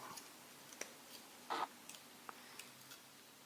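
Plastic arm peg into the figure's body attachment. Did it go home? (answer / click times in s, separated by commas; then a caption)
yes / 2.3 s. A plastic arm peg on a Transformers figure is fitted into the figure's body attachment during transformation. Short, sharp plastic clicks and light handling taps come through, with a brief burst of fiddling around 1.5 seconds. The peg locks into place with a click at 2.3 seconds.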